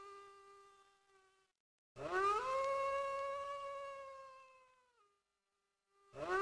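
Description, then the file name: Wolf giving a long solo howl that rises, holds steady, then drops and fades; after a short silence another howl begins rising. "Wolf Howling Compilation"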